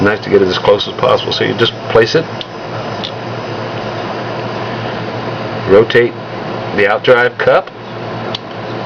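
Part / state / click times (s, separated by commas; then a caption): outdrive cup and gear into an RC car center differential housing / seated / 8.3 s. Someone talks while an outdrive cup and its internal gear are placed into an RC car center differential housing and the cup is rotated during fitting, over a steady background hum. A short, sharp click at 8.4 s marks the gear seating into place in the center differential.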